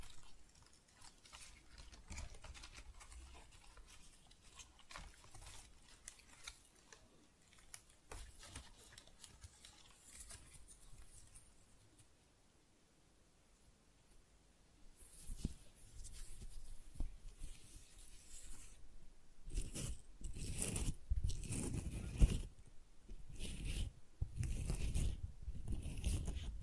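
Tingly flower sounds: soft crinkling and rustling with quick crisp clicks scattered through the first half, fading almost to silence near the middle. After about fifteen seconds it grows louder and denser, with bursts of bright scratchy crackle and rubbing thumps near the end.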